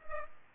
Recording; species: mosquito wingbeat signal from an infrared sensor; Culex pipiens